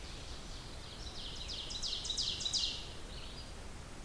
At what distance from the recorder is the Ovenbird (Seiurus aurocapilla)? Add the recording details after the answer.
about 60 m. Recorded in boreal forest in Alberta, Canada, on 16 June 2016 at 07:06. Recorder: SongMeter 3, array SBT-3-32. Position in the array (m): 132 m, 165 m. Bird 37